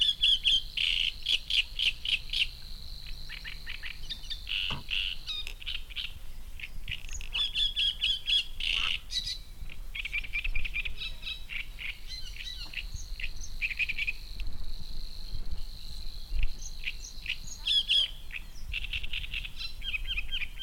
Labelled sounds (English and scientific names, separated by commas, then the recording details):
Great Reed Warbler (Acrocephalus arundinaceus)
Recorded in the wild
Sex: male
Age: adult
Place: Seddinsee, Berlin, DE
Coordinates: 52.38, 13.68
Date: 1989-05-19
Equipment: Uher 4400 Report Monitor, Sennheiser ME 80, K 30 AV
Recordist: Fischer, Stefan